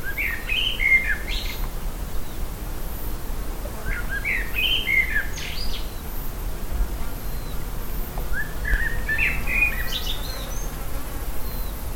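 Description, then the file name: Common blackbird delivering three rich whistled phrases roughly every four seconds, each closing with a thin, high twitter, against a constant low-pitched rumble. "Turdus merula"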